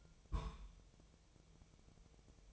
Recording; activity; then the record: daily activity, microphone in the room; place on stove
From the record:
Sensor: 1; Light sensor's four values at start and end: 9/22/8/9 and 9/22/8/9